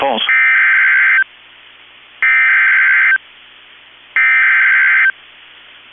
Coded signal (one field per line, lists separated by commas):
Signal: Emergency Alert System (SAME) tones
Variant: header bursts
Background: speech